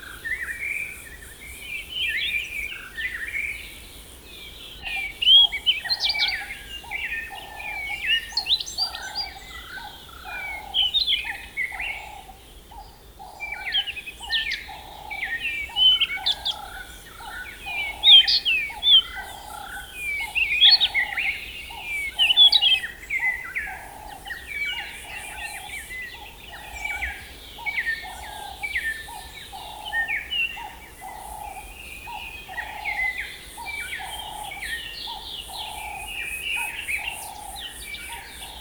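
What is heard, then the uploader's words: A dense dawn chorus of many birds chirping and trilling at once, with a steady repeated lower call pulsing throughout and faint low rumble beneath. Dawn Chorus in Royal Natal National Park, South Africa. Wonderful example of the Dawn Chorus of birds at sunrise. From the Royal Natal National Park, KwaZulu-Natal, South Africa.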